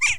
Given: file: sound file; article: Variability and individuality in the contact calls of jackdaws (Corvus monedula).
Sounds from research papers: jackdaw call; harmonic

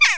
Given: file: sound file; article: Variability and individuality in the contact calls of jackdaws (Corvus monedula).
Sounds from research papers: jackdaw call; harmonic

